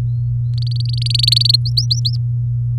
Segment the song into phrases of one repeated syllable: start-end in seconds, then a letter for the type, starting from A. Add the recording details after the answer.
0.53-1.56 A, 1.65-2.16 B. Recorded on 4 May 2018 at 14:55. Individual llb16